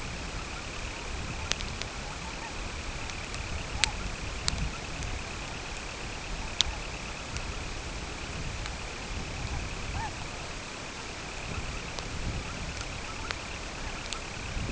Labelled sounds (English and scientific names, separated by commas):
Semipalmated Sandpiper (Calidris pusilla), unidentified sound